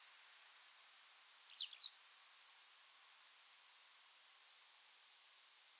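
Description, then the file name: European robin giving thin, very high-pitched calls, several short squeaky notes scattered over a few seconds, with a brief lower sliding note near the start; otherwise quiet. "Erithacus rubecula"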